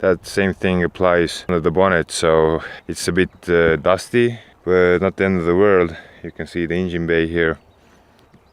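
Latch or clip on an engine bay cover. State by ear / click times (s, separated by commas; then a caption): not seated / none. Someone talks while showing the engine bay of a used 2003 Audi RS6 Avant for sale, with speech filling most of the clip before it goes quiet near the end. A latch or clip on an engine bay cover is handled, but nothing has clicked or seated yet. The latch does not catch properly.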